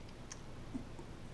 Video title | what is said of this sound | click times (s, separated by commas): SOL Phoenix Survival Tool | then the knife when you're done with it slides back in there and locks in place so with | 0.3 s